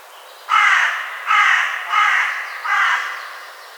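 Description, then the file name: Carrion crow giving four harsh, raspy caws in a row, each about half a second long, spaced under a second apart, against a quiet background. "Corvus corone"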